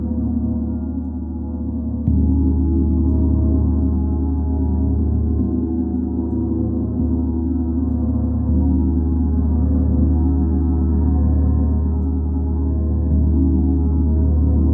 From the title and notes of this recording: Sound Alchemist Julie Jewels Smoot uses the Chiron Gong, also known as the wounded healer. The vibrations of the Chiron Gong.